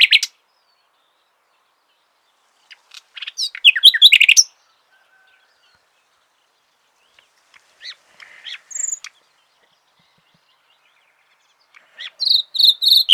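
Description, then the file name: Common nightingale song in separate loud bursts of rapid varied notes, with silent gaps between strophes. "Luscinia megarhynchos"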